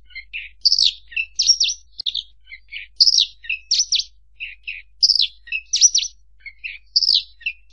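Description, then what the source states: Horsfield's bush lark singing a repeated phrase of sharp high notes and scratchy chirps, the pattern returning roughly every two seconds. Master recording for training caged birds, energetic nonstop singing.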